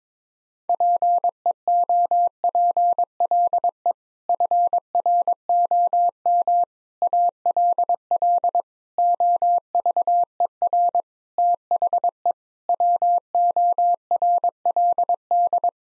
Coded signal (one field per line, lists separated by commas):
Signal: Morse code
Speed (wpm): 22 wpm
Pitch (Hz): 700 Hz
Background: none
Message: PEOPLE FROM ALL OVER THE WORLD